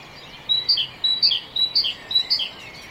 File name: Parus major